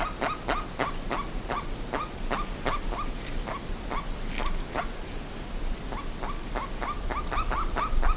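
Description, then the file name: Bird uttering a run of rasping notes, pausing briefly, then giving a further run, over constant low-frequency noise. "SABIOD 50 bird 2015"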